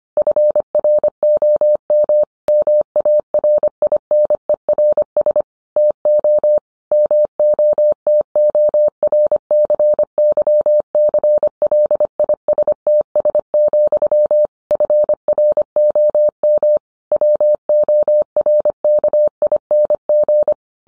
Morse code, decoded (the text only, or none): FROM MARINERS TO MOTORCYCLISTS, FROM WORKING